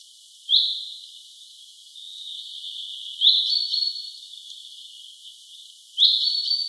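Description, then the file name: Common chaffinch calls: three short bright notes, each a quick upslur into a level tone, spaced about three seconds apart, over a faint steady hiss. "Fringilla coelebs"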